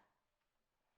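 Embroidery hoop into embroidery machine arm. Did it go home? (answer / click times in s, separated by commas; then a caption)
no / none. An embroidery hoop is being fitted onto the embroidery arm of an embroidery machine, before it is twisted into place. Only faint, quiet handling noise and soft ticking are heard, slightly louder at the very start. Nothing has seated or clicked yet.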